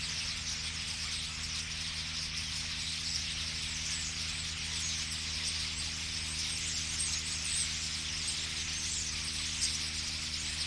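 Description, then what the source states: Flock of common starlings keeps up unbroken high twittering and buzzy chatter, with a persistent low mechanical hum and traffic beneath. Flock singing in a tree at Boldixumstieg, Nieblum, Germany; cars in background; Zoom H3-VR ambisonic recording rendered binaural.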